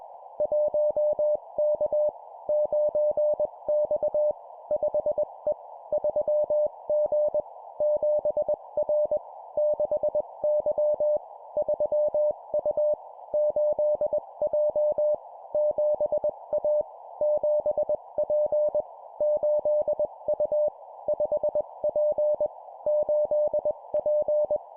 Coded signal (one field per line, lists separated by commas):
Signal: Morse code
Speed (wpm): 21 wpm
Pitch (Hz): 600 Hz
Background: none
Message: 1K 9X 5E 3G 7R 6Y 3U 8J 7A 7P 8U 5P 8P